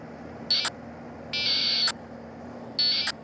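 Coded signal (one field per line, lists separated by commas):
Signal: packet radio (AX.25, as in APRS)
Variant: 1200 baud AFSK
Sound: three short harsh warbling data bursts, under a second each, over low hum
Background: low hum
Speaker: but I want K toes to and I hit the play button at the bottom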